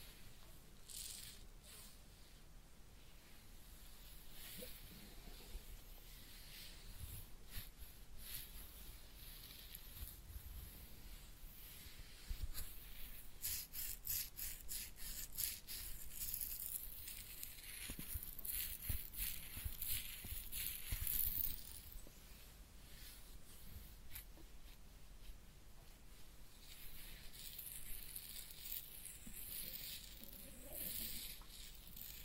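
Head massage and ear cleaning, heard as soft rubbing and crackly scratching against the ear. The bristly, irregular strokes come in dense clusters, growing louder and busier from about 12 to 21 seconds, then settling back into quieter, sparser rustling.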